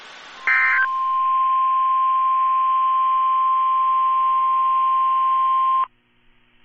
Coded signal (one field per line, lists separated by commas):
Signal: Emergency Alert System (SAME) tones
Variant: 1050 Hz attention tone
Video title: The typical NWR Weeklies + other goodies (EAS #725-#737)